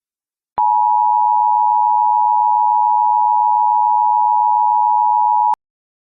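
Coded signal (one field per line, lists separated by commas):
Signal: Emergency Alert System (SAME) tones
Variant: 853 and 960 Hz attention tone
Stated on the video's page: Simulated alert scenario.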